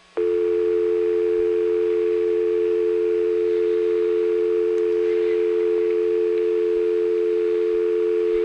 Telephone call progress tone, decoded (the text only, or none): dial tone